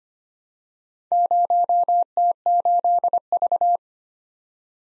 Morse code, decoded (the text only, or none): 0T8V